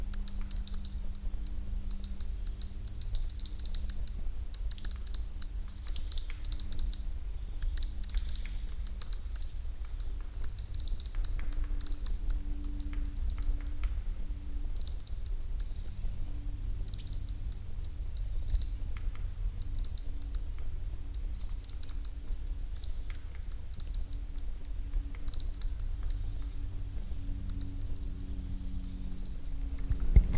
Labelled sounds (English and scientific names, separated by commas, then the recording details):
European Robin (Erithacus rubecula) call
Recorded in the wild
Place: Schluft, Schorfheide, Brandenburg, DE
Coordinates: 52.95, 13.45
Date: 1996-08-04 10:35
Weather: wolkig, 14-17°C
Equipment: Sony MD-WM MZ-R3, Sennheiser ME 80, Kopie Uher 4000 Report Monitor
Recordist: Tembrock, Günter